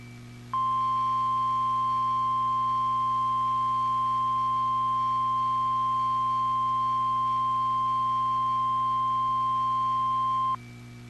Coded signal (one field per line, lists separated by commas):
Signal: Emergency Alert System (SAME) tones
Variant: 1050 Hz attention tone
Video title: ONLINE - Scottsbluff - Tornado Watch #344 - TOA [EAS #18/Originally #9]